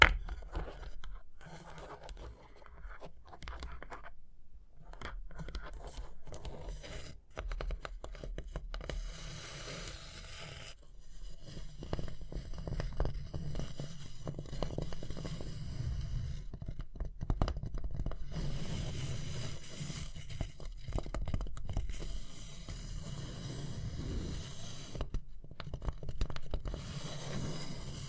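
Tapping and scratching sound in a loose, irregular stream, with sharp clicks and scrapes scattered throughout the 28 seconds. A low rumbling hum runs underneath and thickens after about ten seconds, while brighter rasping bursts come and go, busiest between eleven and twenty seconds.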